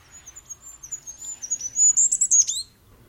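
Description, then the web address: Bird calls: a thin, very high whistled note held steadily, then a quick burst of sharper, slightly louder chirps near the end before stopping. "birddata Deverinetal 2025"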